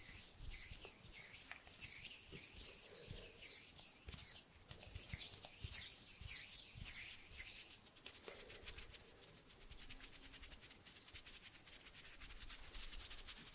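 Hands move around a microphone, snapping and fluttering fingers in a dense, restless stream of soft rubbing and quick sharp clicks. Bright flicks recur throughout, with firmer snaps near two, four and eight seconds, and the fluttering grows faster and more even toward the end.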